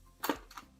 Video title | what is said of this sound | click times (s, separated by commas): Supra Lockbox Mastery in Minutes! (Key & Shackle Opening Guide) | and it just gently slides back, and you'll hear it lock. | 0.2 s